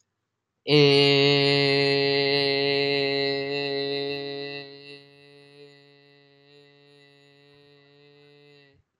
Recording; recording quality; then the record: sustained vowel as in made; excellent, no background noise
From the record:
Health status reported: healthy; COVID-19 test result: not tested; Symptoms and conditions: cough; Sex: male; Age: 18 years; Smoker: not ticked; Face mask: not worn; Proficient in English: yes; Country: India